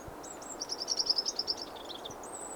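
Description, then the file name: Eurasian wren song fragment: high piping notes leading into a quick, bright trill, then a few thin whistles, against a steady noisy background. "Troglodytes troglodytes"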